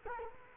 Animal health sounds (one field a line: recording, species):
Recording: mosquito wingbeat signal from an infrared sensor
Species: Culex quinquefasciatus